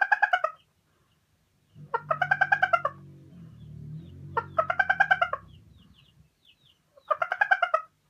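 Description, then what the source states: Chicken: hen cackling: four bursts of loud, rapid, repeated harsh clucks, each under a second long, with a low hum in the background during the middle two bursts. Araucana hen, calling while laying an egg.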